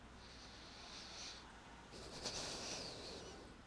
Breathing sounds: one breath in and out by a microphone near the nose and mouth; deep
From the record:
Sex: male

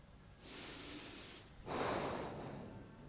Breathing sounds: one breath in and out by a microphone near the nose and mouth; deep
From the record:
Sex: male

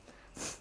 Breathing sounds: one breath in and out by a microphone near the nose and mouth; strong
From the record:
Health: marked as sick, illness not named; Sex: female

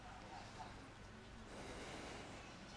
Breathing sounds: one breath in and out by a microphone near the nose and mouth; deep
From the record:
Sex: male

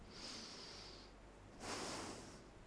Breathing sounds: one breath in and out by a microphone near the nose and mouth; deep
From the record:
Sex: male

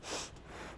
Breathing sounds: one breath in and out by a microphone near the nose and mouth; strong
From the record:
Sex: female

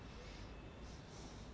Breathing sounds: one breath in and out by a microphone near the nose and mouth; normal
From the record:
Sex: male

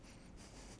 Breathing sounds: one breath in and out by a microphone near the nose and mouth; strong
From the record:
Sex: male

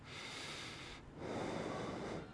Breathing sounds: one breath in and out by a microphone near the nose and mouth; normal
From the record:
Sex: male

